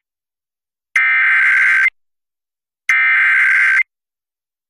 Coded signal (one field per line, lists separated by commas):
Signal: Emergency Alert System (SAME) tones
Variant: header bursts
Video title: Another Visit to the Deep South | EAS Alerts from March 26th, 2023 (EAS #2296-2312)